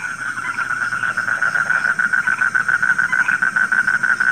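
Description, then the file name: Frogs croaking rapidly together, a throbbing mid-pitched chorus of short repeated notes with a faint high drone. Frogs calling at night. "suara kodok di malam hari"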